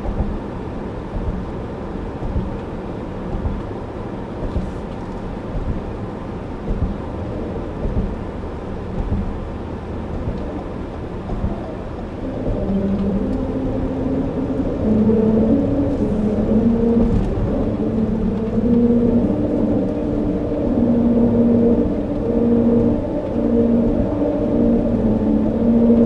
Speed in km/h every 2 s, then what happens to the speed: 77, 76, 74, 72, 72, 71, 71, 76, 81, 81, 81, 79, 79.
0-12 steady at about 72. 12-16 speeds up to 81. 16-26 steady at about 81.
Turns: none.